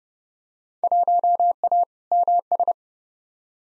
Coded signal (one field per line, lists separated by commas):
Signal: Morse code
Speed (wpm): 30 wpm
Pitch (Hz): 700 Hz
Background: none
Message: 1A MS